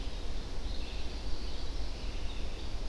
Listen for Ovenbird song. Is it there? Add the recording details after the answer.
no. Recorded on 25 June 2016 at 07:49. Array SBT-6-76